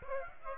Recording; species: mosquito wingbeat signal from an infrared sensor; Aedes aegypti